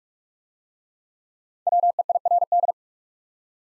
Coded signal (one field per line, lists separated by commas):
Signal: Morse code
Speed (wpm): 45 wpm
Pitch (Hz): 700 Hz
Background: none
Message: WEIRD